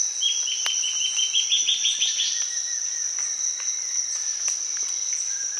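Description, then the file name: Bird calling in a series of short, bright notes lasting about two seconds, with a continuous shrill insect drone throughout. "SABIOD 50 bird 2015"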